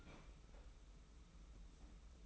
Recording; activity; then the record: daily activity, microphone in the room; open fridge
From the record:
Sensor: 1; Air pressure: 991.0 hPa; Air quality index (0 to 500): 111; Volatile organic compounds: 115 ppm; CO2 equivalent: 3848 ppm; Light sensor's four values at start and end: 20/47/20/21 and 20/47/20/22